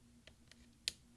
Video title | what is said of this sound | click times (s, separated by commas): MINUS key replacement 13" Macbook Pro 2.4 Ghz 1278 mid-2010 MC374 | just take your finger push down on the top until you hear some snaps it snaps in place | 0.3 s, 0.5 s, 0.9 s